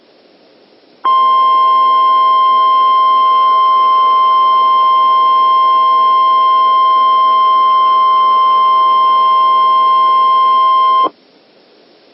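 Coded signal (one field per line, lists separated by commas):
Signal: Emergency Alert System (SAME) tones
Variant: 1050 Hz attention tone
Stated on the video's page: Scenario compiled from real recordings of Texas fire warning EAS messages.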